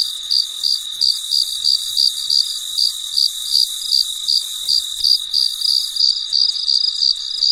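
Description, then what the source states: Cricket chirping in high, even pulses, close to three chirps every second, continuing through the whole stretch with nothing else clearly heard. Recorded late at night, in quiet surroundings.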